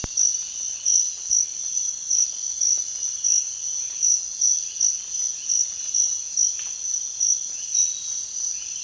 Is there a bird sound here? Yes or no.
no